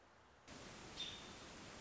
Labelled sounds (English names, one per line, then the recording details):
American Robin
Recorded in Sonoma County, California